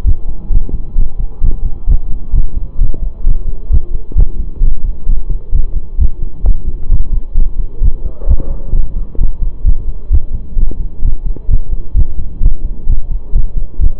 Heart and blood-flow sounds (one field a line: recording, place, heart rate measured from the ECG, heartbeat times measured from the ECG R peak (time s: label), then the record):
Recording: heart sounds by stethoscope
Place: between the tricuspid and mitral areas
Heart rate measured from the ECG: 131 bpm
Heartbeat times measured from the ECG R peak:
0.05 s: heartbeat
0.51 s: heartbeat
0.96 s: heartbeat
1.42 s: heartbeat
1.88 s: heartbeat
2.34 s: heartbeat
2.79 s: heartbeat
3.25 s: heartbeat
3.70 s: heartbeat
4.16 s: heartbeat
4.62 s: heartbeat
5.07 s: heartbeat
5.53 s: heartbeat
5.98 s: heartbeat
6.44 s: heartbeat
6.90 s: heartbeat
7.35 s: heartbeat
7.82 s: heartbeat
8.27 s: heartbeat
8.73 s: heartbeat
9.19 s: heartbeat
9.65 s: heartbeat
10.11 s: heartbeat
10.57 s: heartbeat
11.03 s: heartbeat
11.49 s: heartbeat
11.95 s: heartbeat
12.42 s: heartbeat
12.88 s: heartbeat
13.34 s: heartbeat
13.80 s: heartbeat
From the record:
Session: pedaling a stationary bicycle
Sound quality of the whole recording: saturated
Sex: male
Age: 25 years